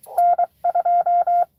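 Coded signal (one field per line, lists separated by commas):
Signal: Morse code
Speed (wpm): 24 wpm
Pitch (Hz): 700 Hz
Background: none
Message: N2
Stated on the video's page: Live CW parks-on-the-air activation.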